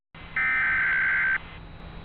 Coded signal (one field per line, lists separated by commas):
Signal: Emergency Alert System (SAME) tones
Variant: header bursts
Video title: EAS Mock Tornado Watch #2 for AR and TX 1/21/18